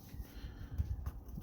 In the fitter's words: put on make sure you squeeze it really good until you hear it clip on just